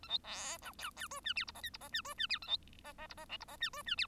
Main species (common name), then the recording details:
Bengalese Finch. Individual Bird1